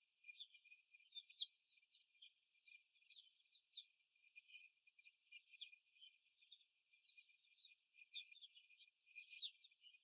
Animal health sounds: young laying hens in a cage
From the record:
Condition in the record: after the stressor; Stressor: simulated dog barking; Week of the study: 1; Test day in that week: 2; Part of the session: 1

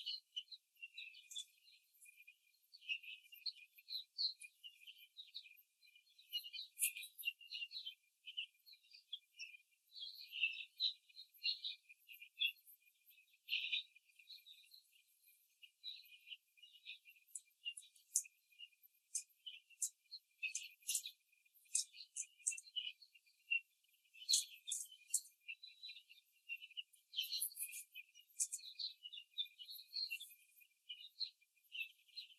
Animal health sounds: young laying hens in a cage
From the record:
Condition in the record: after the stressor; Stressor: simulated dog barking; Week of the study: 3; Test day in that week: 1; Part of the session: 1

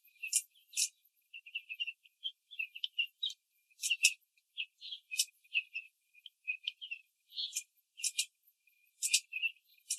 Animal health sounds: young laying hens in a cage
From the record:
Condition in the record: control cage, after the stress test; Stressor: none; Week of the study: 4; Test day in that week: 3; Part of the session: 3

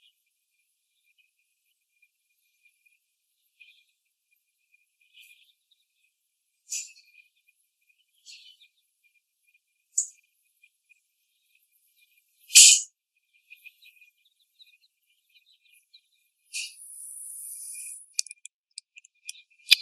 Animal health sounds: young laying hens in a cage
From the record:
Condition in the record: after the stressor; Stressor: simulated dog barking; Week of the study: 1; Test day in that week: 1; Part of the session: 4

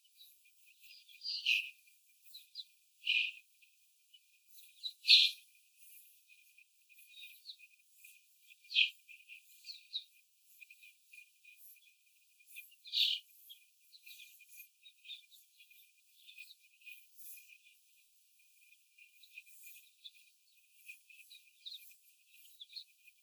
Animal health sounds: young laying hens in a cage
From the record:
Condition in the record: before the stressor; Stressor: simulated dog barking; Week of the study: 4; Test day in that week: 1

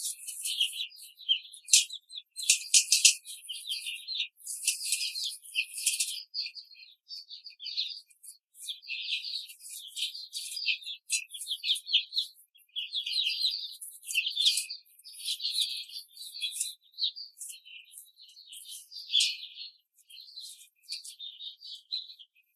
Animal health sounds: young laying hens in a cage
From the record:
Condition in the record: control cage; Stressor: none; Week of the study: 5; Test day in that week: 1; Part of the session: 2

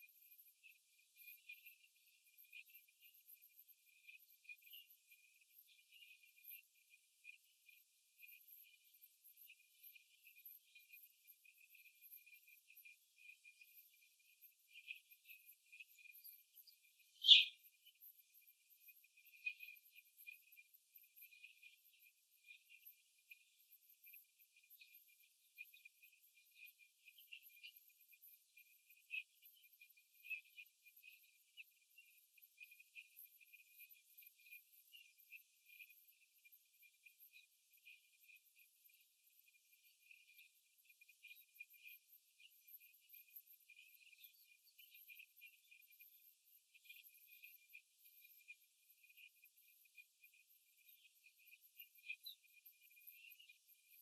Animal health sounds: young laying hens in a cage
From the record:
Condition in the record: after the stressor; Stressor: simulated dog barking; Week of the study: 3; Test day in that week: 2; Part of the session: 1

